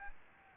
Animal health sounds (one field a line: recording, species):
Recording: mosquito wingbeat signal from an infrared sensor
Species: Aedes albopictus